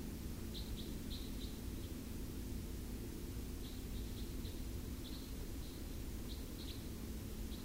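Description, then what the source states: Red crossbill calls: short high chips in loose bursts of two to four, over a steady loud rushing background noise. Ruselgebiet, 27 October 2014.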